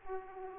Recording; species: mosquito wingbeat signal from an infrared sensor; Aedes aegypti